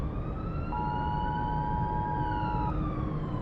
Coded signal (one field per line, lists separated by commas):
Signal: Emergency Alert System (SAME) tones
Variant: 853 and 960 Hz attention tone